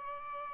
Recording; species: mosquito wingbeat signal from an infrared sensor; Aedes albopictus